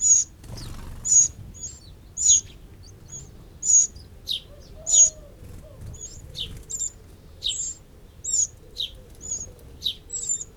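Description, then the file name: Eurasian wren calls: a steady series of high, thin, sharp notes with quick downward flicks, repeated at short uneven intervals; a faint lower whistle briefly underneath. "Troglodytes troglodytes"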